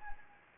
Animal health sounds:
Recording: mosquito wingbeat signal from an infrared sensor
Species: Anopheles gambiae

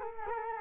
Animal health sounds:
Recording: mosquito wingbeat signal from an infrared sensor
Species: Culex quinquefasciatus

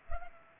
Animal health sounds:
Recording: mosquito wingbeat signal from an infrared sensor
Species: Culex pipiens

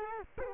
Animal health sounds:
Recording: mosquito wingbeat signal from an infrared sensor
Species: Culex quinquefasciatus

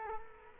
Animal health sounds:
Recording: mosquito wingbeat signal from an infrared sensor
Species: Culex quinquefasciatus

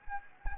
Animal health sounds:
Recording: mosquito wingbeat signal from an infrared sensor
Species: Anopheles gambiae

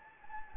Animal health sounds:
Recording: mosquito wingbeat signal from an infrared sensor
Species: Anopheles gambiae

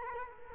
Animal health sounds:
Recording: mosquito wingbeat signal from an infrared sensor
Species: Culex quinquefasciatus

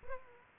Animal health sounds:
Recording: mosquito wingbeat signal from an infrared sensor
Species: Aedes aegypti

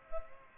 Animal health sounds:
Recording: mosquito wingbeat signal from an infrared sensor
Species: Culex pipiens

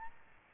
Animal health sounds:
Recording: mosquito wingbeat signal from an infrared sensor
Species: Aedes albopictus

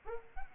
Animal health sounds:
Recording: mosquito wingbeat signal from an infrared sensor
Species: Culex pipiens

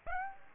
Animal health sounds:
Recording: mosquito wingbeat signal from an infrared sensor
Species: Aedes aegypti

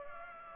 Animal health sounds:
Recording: mosquito wingbeat signal from an infrared sensor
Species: Culex pipiens

